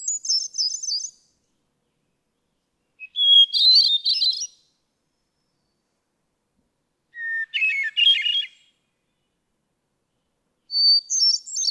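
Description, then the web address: Hermit thrush singing four well-spaced phrases of varying pitch, the first cut off at its start, the others each a pure introductory note trailed by a rapid, cascading, flutelike flourish. "birdsongforthecurious Hermit Thrush"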